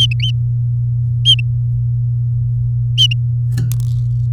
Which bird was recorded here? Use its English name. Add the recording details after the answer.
Domestic Canary. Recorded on 3 May 2018 at 17:05. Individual llb16